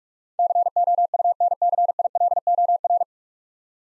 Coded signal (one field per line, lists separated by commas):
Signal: Morse code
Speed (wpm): 46 wpm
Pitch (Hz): 700 Hz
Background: none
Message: COUNCILOR